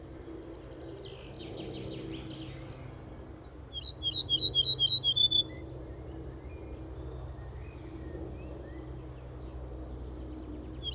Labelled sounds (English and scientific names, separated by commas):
Ortolan Bunting (Emberiza hortulana) song